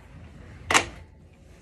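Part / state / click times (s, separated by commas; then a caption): high chair frame lock on the folding frame / seated / 0.8 s. A plastic high chair frame is worked at its two top release/lock points while being opened. A sharp click sounds at 0.8 s as the folding frame's lock latches. The high chair latch is seated.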